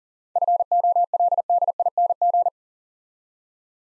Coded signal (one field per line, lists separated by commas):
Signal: Morse code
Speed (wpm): 37 wpm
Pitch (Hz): 700 Hz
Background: none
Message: FOLDING